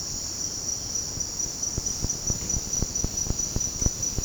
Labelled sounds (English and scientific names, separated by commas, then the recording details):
none
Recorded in secondary vegetation near Puerto Asís, Putumayo, Colombia, on 18 February 2024 at 07:30
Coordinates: 0.489, -76.322
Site G6419